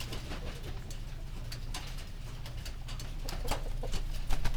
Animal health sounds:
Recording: poultry house recording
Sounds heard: healthy chickens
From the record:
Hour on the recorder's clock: 19

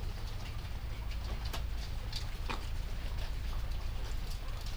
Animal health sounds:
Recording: poultry house recording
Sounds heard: sick chickens (respiratory disease)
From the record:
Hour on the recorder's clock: 0

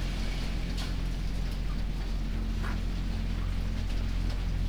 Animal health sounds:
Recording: poultry house recording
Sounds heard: sick chickens (respiratory disease)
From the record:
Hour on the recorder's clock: 7

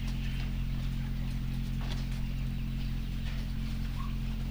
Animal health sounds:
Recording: poultry house recording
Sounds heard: sick chickens (respiratory disease)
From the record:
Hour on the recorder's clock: 5

